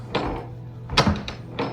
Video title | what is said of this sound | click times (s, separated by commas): Deluxe Studio Room Tour - Disney’s Boardwalk Villas | i can hear the latch not latching | none